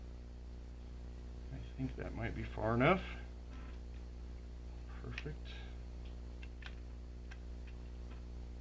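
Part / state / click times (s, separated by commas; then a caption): internal component into radio chassis / not seated / none. An internal component is being handled during reassembly of an Anytone 878 UV Plus handheld radio, inched back into its chassis. Someone talks over a steady low hum, followed by a few faint light ticks. Nothing has seated or clicked into place yet.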